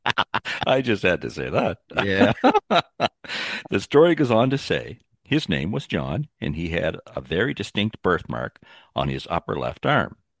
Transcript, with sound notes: I just had to say that.
Yeah.
(laughs) The story goes on to say, "His name was John, and he had a very distinct birthmark on his upper left arm,